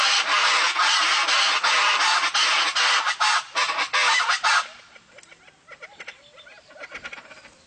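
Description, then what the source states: Chaco chachalaca chorus, dense harsh rattling calls for several seconds that fade into quieter scattered notes. Pantanal.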